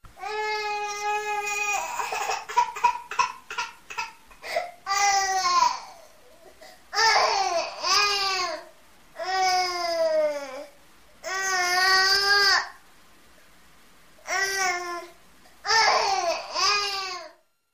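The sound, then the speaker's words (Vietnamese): A baby, just picked up from a bamboo cot amid biting mosquitoes, wakes and cries in a series of loud, high-pitched wails. It opens with short choppy sobs, then settles into long, arching cries separated by brief pauses for breath. “Đứa bé thức giấc, khóc oa oa.”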